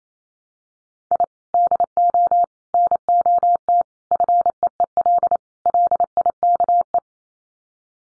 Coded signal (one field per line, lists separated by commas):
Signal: Morse code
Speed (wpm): 28 wpm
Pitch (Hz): 700 Hz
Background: none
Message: I DO NOT FEEL LIKE